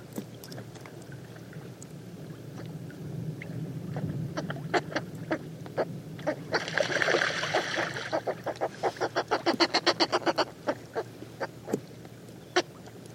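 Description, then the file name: Northern fulmar calls: scattered harsh clicks build into a loud, rapid, rhythmic cackle in the second half, over a low rumbling background. Recorded at Ny-Ålesund. "HAVHEST Ny-Ålesund"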